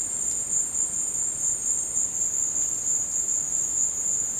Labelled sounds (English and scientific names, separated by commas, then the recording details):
none
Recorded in dense forest near Puerto Asís, Putumayo, Colombia, on 22 December 2024 at 14:00
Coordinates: 0.466, -76.327
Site G075